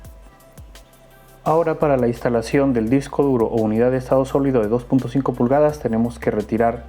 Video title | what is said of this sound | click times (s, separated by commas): Upgrade Laptop💻Dell Vostro 14 3405 - Instalar/Cambiar SSD en M.2, Memoria RAM y HDD/SSD de 2.5" | entonces la colocamos también ahí y la bajamos hasta escuchar sus clics. | 0.6 s, 0.8 s